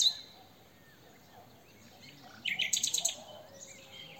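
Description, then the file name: Common nightingale phrase: after a quiet pause, a rapid burst of several sharp, repeated notes forms a short rattling trill. "Luscinia megarhynchos"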